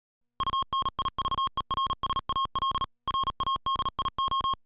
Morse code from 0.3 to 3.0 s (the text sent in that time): UNIVERSAL